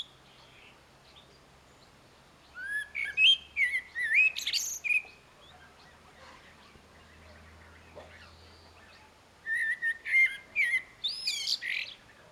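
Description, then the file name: Common blackbird singing two phrases several seconds apart, each of fluty whistles followed by a thin, high-pitched twitter, with a faint low hum. "Turdus merula"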